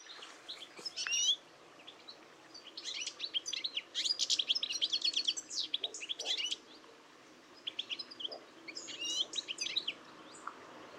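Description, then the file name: European goldfinch twittering calls, bursts of quick high chirps and tinkling notes, loudest in a short group near the start and between three and seven seconds, with a quieter group near the end. "Carduelis carduelis"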